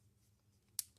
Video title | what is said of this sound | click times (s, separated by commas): Unu Aero Wireless Charging Case + Mat for iPhone 5/5S Review | make sure it's snapped all the way around | 0.8 s